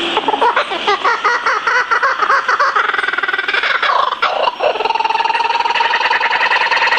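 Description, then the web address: Laughing kookaburra laughter, a raucous run of quick repeated chuckling notes that shifts into a steadier rapid cackle near the end. "sikioto. waraikawasemi"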